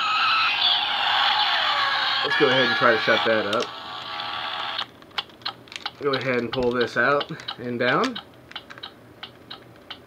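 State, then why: Not seated. A movable plastic part of a toy blade/blaster is handled and pulled out and down to lock it in position, but nothing has seated or clicked yet. A loud broadband noise fills the first five seconds and then cuts off, while someone talks. Sharp handling clicks and taps follow around 5.0–5.9 s and 8.6–9.5 s.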